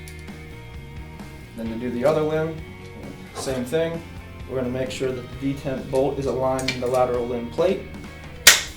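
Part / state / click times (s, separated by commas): bow limb into riser limb pocket / seated / 8.5 s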